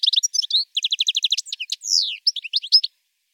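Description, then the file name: European goldfinch singing a rapid, continuous twitter of tinkling notes, a quick repeated trill and a drawn-out buzzy slur, ending abruptly. "chardonneret"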